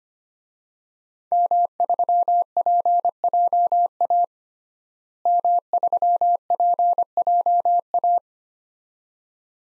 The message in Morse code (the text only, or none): M3PJA M3PJA